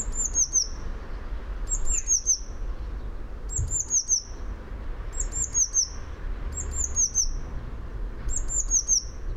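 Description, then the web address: Eurasian blue tit song, bright high phrases of a few thin notes sliding into a short trill, given six times at regular intervals. "fugl b-mejse"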